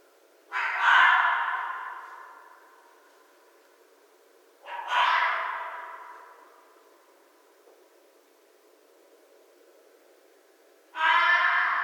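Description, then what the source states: Red fox scream: three loud, rasping cries, each starting abruptly, the first two fading slowly, spaced about four to six seconds apart. Recorded 11 January 2012.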